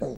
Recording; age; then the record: pig call; piglet (1 to 25 days)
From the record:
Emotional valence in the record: negative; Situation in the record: long isolation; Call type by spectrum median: low-frequency call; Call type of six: low-frequency stable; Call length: 0.18 s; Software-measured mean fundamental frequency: 62 Hz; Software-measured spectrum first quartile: 241 Hz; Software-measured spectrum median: 417 Hz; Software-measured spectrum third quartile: 564 Hz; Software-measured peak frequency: 525 Hz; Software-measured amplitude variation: 93 dB a second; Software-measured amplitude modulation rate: 14.0 a second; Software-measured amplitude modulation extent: 6.6 dB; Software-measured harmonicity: 0.1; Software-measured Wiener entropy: -0.31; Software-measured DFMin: 941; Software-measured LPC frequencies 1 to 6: 525, 1562, 2358, 4120, 5755, 6654 Hz